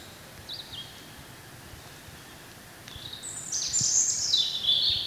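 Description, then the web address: European robin song, a brief high twittering note early, then a longer cascade of thin, shimmering high notes wavering up and down, with low background noise. "chant xeno-canto rougegorge familier"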